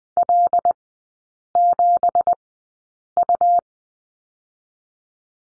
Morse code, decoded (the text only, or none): L7U